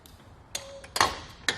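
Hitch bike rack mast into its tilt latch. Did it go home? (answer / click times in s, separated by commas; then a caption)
yes / 1.0 s. The tilted mast of a Curt hitch bike rack for 4 bikes on a 2021 Toyota 4Runner is raised back upright after the hatch is closed. A few faint ticks lead into a sharp metallic hit at about 0.6 s with a brief ringing tone, then a loud double click as the steel tilt pin latches on its own into place at 1.0 s. Another sharp click follows at about 1.5 s.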